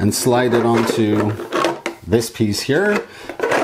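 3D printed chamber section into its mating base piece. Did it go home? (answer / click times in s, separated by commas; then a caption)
no / none. A section of a 3D printed UV resin curing chamber is handled as it is slid onto its mating base piece while someone talks. The clip ends just before the part goes home, and nothing has locked or clicked into place yet.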